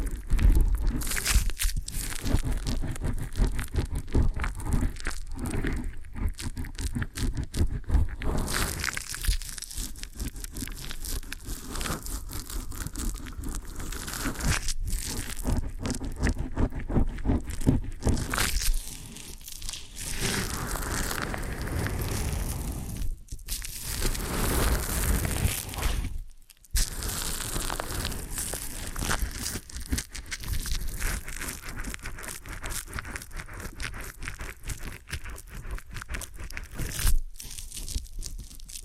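Ear and scalp massage with dense, continuous crinkling and scraping rubs, briefly pausing near 19, 26 and 37 seconds before resuming.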